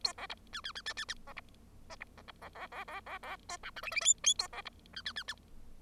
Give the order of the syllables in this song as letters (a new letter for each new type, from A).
A B C D D D D D D B C E C B C B B B B B B A F G H H I I A B C D D D D